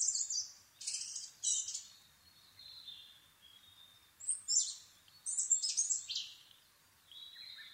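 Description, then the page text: Asian brown flycatcher: a series of high, squeaky, tumbling song phrases with thin level whistles between them. Nikko, Japan, 26 April 2011 at 4:39, altitude 730 m; Sony PCM-D50 recorder with Panasonic WM-61A microphone. "kosamebitaki-20110426-0439. Muscicapa dauurica [Sounds -Nikko Today-]. 4/ 26 2011, 4:39 alt=730m"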